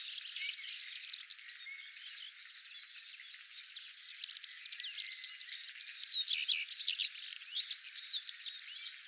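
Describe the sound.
European serin song: a high, jingling, rapid tinkling trill of dense twittering notes, about 1.5 seconds, a pause, then a longer burst of around five seconds.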